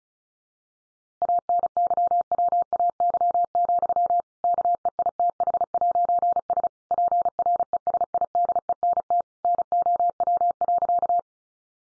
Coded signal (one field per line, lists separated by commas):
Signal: Morse code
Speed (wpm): 34 wpm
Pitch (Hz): 700 Hz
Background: none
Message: ANYWAY, KEITH'S PRESIDENT NOW.